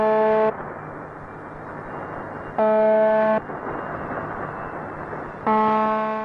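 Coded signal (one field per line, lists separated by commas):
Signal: channel marker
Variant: UVB-76 (The Buzzer)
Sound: three short, harsh, low buzzes, each under a second, about 2.5 s apart, with static between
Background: radio static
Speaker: The station, nicknamed the Buzzer, has been emitting a short, monotonous buzz tone since the Cold War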